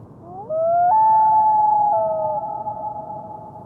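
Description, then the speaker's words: Common loon wail: a long mournful tonal cry that rises in quick steps, holds a steady high note, then steps down slightly, with no answer. Wail, a long-distance contact call between a mated pair out of sight of one another, meaning 'here I am, where are you?'; the mate does not answer. "This is a common loon. And what we're going to hear is the wail, which is a long-distance communication vocalization given between a mated pair of birds"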